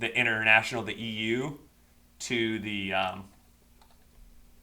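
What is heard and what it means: Someone talks while handling a plastic US plug adapter plate meant to slide onto the international EU power plug of a console's power supply. After the talking ends around 3.3 seconds, only faint, quiet handling sounds follow. The plate has not seated or clicked into place yet.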